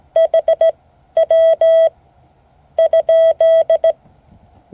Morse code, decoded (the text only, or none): HW ?